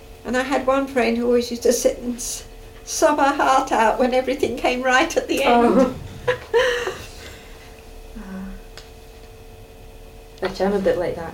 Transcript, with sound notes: And I had one friend who always used to sit and sob her heart out when everything came right at the end. [laughs]
Oh-h. [laughs] Ah. Actually I'm a bit like that.